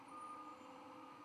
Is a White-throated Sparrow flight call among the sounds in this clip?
no